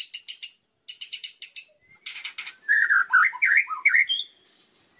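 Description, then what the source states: White-rumped shama song: runs of harsh, evenly spaced notes separated by short pauses, then varied whistled phrases that rise and fall. Masteran recording, a training track played to teach songbirds.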